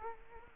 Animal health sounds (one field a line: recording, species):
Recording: mosquito wingbeat signal from an infrared sensor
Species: Culex quinquefasciatus